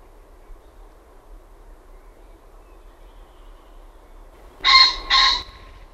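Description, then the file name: Common pheasant giving a raucous two-syllable crow near the end, after a quiet stretch. "FASAANI"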